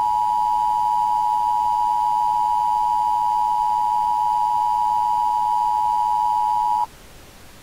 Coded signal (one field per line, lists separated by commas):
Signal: Emergency Alert System (SAME) tones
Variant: 853 and 960 Hz attention tone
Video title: The Reawakening - EAS Scenario